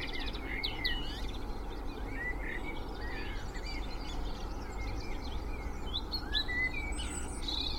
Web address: beanstalk-audio Spring dawn chorus with distant traffic noise Cheshire UK